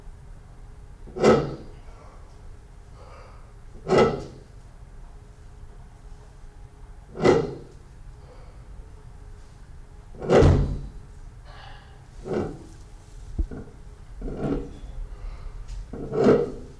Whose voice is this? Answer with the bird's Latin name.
Ardeotis kori